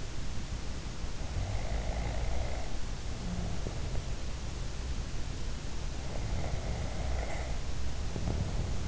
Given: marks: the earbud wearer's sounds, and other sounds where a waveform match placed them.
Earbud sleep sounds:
sounds in sleep by an in-ear microphone; snoring breath
1.52-3.91 s: snoring breath
6.24-8.88 s: snoring breath

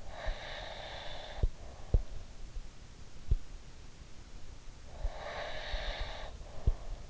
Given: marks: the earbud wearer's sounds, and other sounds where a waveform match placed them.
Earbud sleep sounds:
sounds in sleep by an in-ear microphone; breath
0.03-2.30 s: breath
4.97-7.10 s: breath

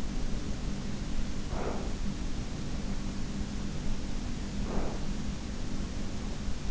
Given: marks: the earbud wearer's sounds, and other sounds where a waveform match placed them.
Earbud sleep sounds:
sounds in sleep by an in-ear microphone; breath
1.38-2.17 s: breath
4.55-5.22 s: breath

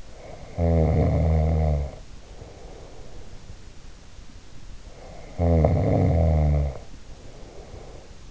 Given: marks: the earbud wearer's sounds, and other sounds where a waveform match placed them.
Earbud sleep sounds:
sounds in sleep by an in-ear microphone; snoring breath
0.14-3.65 s: snoring breath
4.91-8.31 s: snoring breath

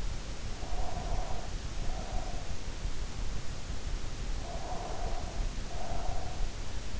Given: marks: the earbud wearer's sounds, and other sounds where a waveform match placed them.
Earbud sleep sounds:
sounds in sleep by an in-ear microphone; breath
0.59-2.67 s: breath
4.33-6.57 s: breath

